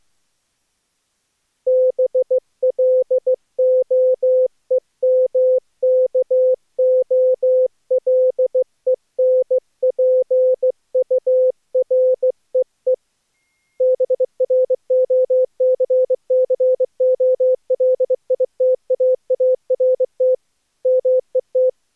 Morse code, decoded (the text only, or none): BLOEMKOLENPUREE BROCCOLITAART MET